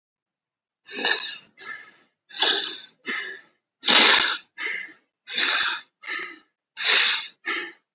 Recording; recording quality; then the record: shallow breathing; excellent, no background noise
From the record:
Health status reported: healthy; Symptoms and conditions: cough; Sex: male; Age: 18 years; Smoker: no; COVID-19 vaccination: both doses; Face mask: worn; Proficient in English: yes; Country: India